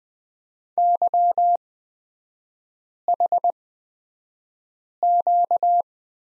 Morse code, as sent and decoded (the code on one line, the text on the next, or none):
-.-- .... --.-
YHQ